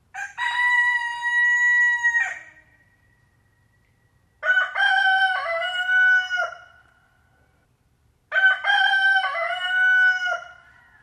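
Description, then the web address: Chicken: rooster crowing, three long harmonic cock-a-doodle-doos roughly every four seconds, each held steady and then falling away, with quiet pauses between. "granja daniela private Rooster"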